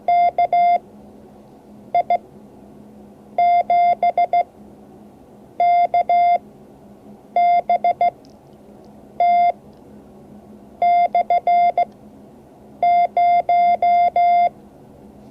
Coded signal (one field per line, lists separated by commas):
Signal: Morse code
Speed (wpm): 16 wpm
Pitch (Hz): 700 Hz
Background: none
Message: KI7KBT/0